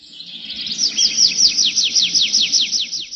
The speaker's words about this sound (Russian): И в эту минуту с другой стороны поляны зазвучала переливчатая трель дрозда.